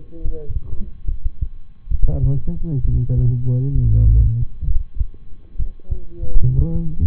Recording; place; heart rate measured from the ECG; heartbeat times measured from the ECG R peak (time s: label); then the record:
heart sounds by stethoscope; between the tricuspid and mitral areas; 68 bpm
0.20 s: heartbeat
1.04 s: heartbeat
1.87 s: heartbeat
2.80 s: heartbeat
3.71 s: heartbeat
4.63 s: heartbeat
5.55 s: heartbeat
6.38 s: heartbeat
From the record:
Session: rest, lying down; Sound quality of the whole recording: good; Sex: male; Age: 23 years